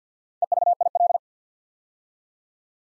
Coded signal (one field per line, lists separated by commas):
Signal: Morse code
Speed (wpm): 48 wpm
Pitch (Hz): 700 Hz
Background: none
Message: EVIL